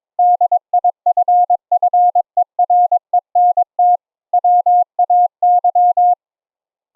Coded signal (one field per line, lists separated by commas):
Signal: Morse code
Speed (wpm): 22 wpm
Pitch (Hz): 710 Hz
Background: none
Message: DIFFERENT WAY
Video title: encoding Morse Code CW AUDIO with the Gstreamer ADPCM Audio Codec - LIVE demo - CW "audio OVER ip"